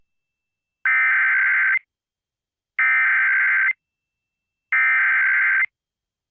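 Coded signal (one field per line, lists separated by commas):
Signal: Emergency Alert System (SAME) tones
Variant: header bursts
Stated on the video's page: Amber Alert that interrupted a broadcast of Johnny Test.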